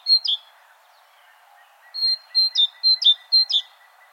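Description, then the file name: Great tit gives one bright two-note pair, a pause of over a second, then several more high-then-lower pairs, over soft background hiss. "Parus major"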